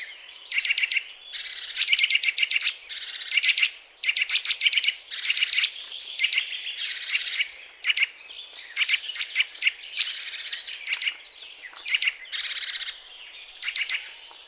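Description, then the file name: Eurasian nuthatch calls: sharp notes in quick bursts, repeated almost without pause. "Sitta europaea"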